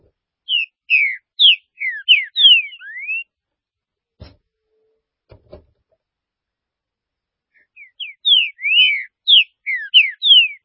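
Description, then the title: Green-winged saltator song: a run of loud, clear whistled notes, mostly slurred downward, repeated after a pause of several seconds, with a few soft knocks between. "Trinca Ferro"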